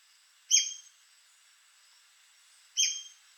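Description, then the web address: White-crested spadebill: two sharp, buzzy downslurred squeaks about two seconds apart, over a quiet high-pitched drone. "sound White-crested-spadebill. دانلود-صدای-پرنده-بیلچه-نوک-کاکل-سفید"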